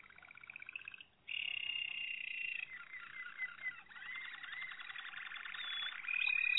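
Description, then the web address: Malinois canary song of rolling trills, a long steady buzzy tour, then fast bubbling trills swelling louder toward the end. "~joaopt canarios racas canto malinois"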